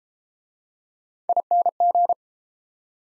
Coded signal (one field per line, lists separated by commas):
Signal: Morse code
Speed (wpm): 29 wpm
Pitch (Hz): 700 Hz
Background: none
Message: ING